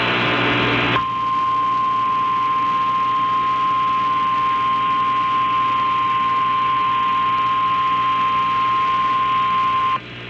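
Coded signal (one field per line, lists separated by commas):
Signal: Emergency Alert System (SAME) tones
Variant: 1050 Hz attention tone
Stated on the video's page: Flash flood warning activation relayed on an FM broadcast station at 101.1.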